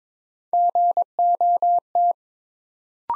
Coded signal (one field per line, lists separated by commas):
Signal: Morse code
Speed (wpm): 22 wpm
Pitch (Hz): 700 Hz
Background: none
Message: GOT